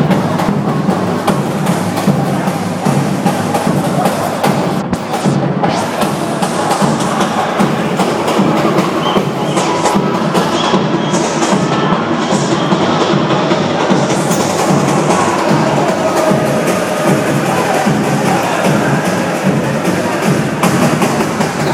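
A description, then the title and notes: A crowded party at a hotel, with a dense, constant wash of many voices talking and shouting at once. The roar stays loud and even for the whole stretch, with low rumbling underneath and no single voice standing out. These brasilians know how to party! at Holiday Inn. At Holiday Inn by Dave Haynes.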